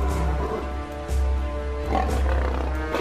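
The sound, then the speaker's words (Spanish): Lions roar in a deep, rumbling chorus, the growls overlapping and swelling in a few loud surges over about three seconds, with no talking. “Y una semana más, aquí están nuestros leones favoritos con ganas de comerse a todas las declaraciones que no les gusten.”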